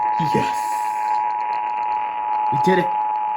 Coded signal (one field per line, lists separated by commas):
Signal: Emergency Alert System (SAME) tones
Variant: 853 and 960 Hz attention tone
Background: speech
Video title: Some North Texas Insanity - WBAP-AM originated EAS Alerts (EAS# 234-236) - 11/24/2020